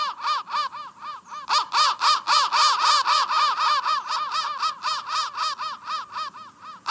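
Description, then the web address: Crow caws, electronically altered into rapid, arching harsh notes repeated about four times a second, swelling and fading in loudness throughout. Processed crow call. "soundfactory crow"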